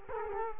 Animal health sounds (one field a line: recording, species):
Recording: mosquito wingbeat signal from an infrared sensor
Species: Culex quinquefasciatus